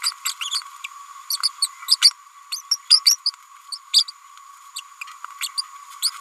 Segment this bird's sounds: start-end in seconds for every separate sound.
0.03-0.12, 0.25-0.34, 0.40-0.49, 1.29-1.37, 1.62-1.68, 1.88-1.97, 2.01-2.11, 2.52-2.62, 2.71-2.79, 3.05-3.17, 3.72-3.78, 3.93-4.04, 4.08-4.11, 4.75-4.80, 5.40-5.48, 6.02-6.10